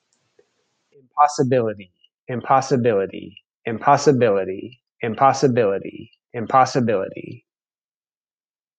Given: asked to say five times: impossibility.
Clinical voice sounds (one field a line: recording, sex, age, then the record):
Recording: repeated word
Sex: male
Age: 40 to 49 years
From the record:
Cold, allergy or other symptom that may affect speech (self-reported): no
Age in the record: 40 years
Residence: United States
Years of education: 16